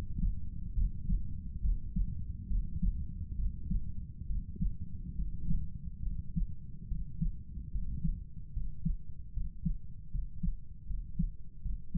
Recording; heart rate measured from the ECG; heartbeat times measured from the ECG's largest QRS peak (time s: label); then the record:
heart sounds by stethoscope; 72 bpm
0.74 s: heartbeat
1.61 s: heartbeat
2.48 s: heartbeat
3.36 s: heartbeat
4.27 s: heartbeat
5.16 s: heartbeat
6.03 s: heartbeat
6.88 s: heartbeat
7.71 s: heartbeat
8.53 s: heartbeat
9.33 s: heartbeat
10.11 s: heartbeat
10.87 s: heartbeat
11.62 s: heartbeat
From the record:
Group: healthy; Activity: breath hold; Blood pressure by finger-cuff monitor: 106/58 mmHg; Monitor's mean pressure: 73 mmHg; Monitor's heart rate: 69 bpm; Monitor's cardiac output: 7.5 L/min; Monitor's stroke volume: 109 mL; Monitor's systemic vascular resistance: 710 dyn s/cm5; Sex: male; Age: 35 years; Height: 180 cm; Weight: 86.9 kg